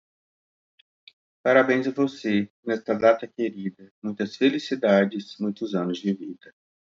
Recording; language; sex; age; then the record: short text; Brazilian Portuguese; male; 40 to 49 years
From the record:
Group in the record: control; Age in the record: 44 years